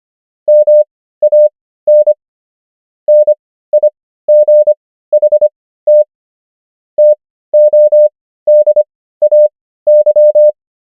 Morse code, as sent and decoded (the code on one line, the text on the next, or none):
-- .- -. / -. .. --. .... - / - --- -.. .- -.--
MAN NIGHT TODAY